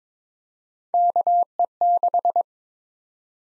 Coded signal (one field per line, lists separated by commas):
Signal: Morse code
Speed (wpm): 23 wpm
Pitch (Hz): 700 Hz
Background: none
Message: KE6